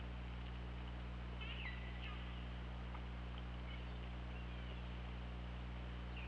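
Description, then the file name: Orca call: a few short, curving tonal sweeps, falling then levelling off, heard faintly over a constant low underwater hum. Underwater hydrophone at OrcaLab, 24 August 2017, around 21:16. "Orca Lab UTLN 20170824 211625"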